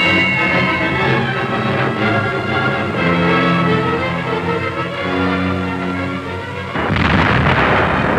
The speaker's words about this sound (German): Der Feind wirft Wasserbomben tiefer hinunter.